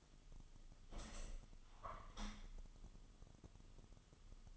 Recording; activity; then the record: daily activity, microphone in the room; open window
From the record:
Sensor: 4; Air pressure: 1005.5 hPa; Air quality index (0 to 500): 100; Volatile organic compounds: 2 ppm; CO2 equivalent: 1236 ppm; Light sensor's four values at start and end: 13/29/11/11 and 13/29/11/11